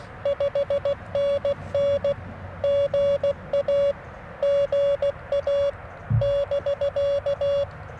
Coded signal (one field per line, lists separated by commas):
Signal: Morse code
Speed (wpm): 16 wpm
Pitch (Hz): 3400 Hz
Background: none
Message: 5NN GA GA <BK>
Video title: FX-4CR First Impressions & Morning Morse Code - 11/21/2024